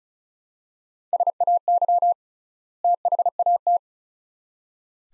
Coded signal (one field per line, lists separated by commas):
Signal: Morse code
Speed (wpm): 36 wpm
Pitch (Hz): 700 Hz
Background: none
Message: SAY THAT